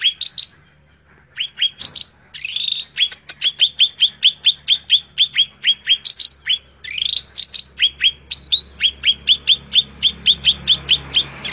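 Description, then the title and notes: Greater green leafbird song: high, sharp chirps in a fast series of bright repeated notes, with brief rising whistled flourishes between runs; a faint low hum beneath. Recording used as a masteran, a tutor track for teaching other leafbirds to sing. "Suara Burung Cucak Ijo. masteran burung cak ijo"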